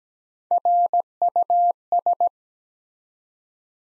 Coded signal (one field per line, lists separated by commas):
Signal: Morse code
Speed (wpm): 17 wpm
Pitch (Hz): 700 Hz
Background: none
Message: RUS